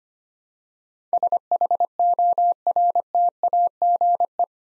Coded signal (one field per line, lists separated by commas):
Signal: Morse code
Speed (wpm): 25 wpm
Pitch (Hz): 700 Hz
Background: none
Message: SHORTAGE